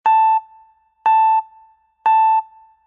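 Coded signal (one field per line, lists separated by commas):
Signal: none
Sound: countdown timer beeps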